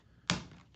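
A thumb presses down at a 45-degree angle on the edge of an IQ Panel 2 Plus security panel touchscreen so its plastic snap tab locks into the wall back plate. A single sharp snap sounds at 0.3 s and fades over the next few tenths of a second. The tab seats home for a super tight fit.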